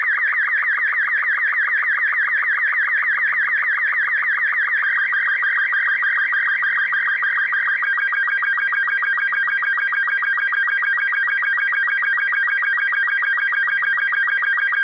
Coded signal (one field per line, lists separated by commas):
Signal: SSTV (slow-scan television)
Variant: Robot 72